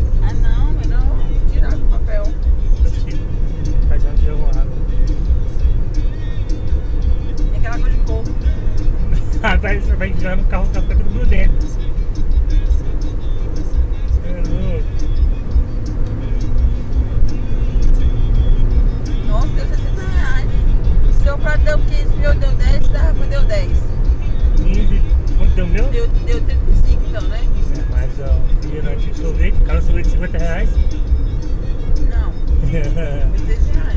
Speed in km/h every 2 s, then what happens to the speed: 85, 86, 90, 94, 99, 100, 101, 103, 110, 116, 117, 114, 107, 101, 99, 97, 95.
0-19 speeds up to 117. 19-34 slows to 95.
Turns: none.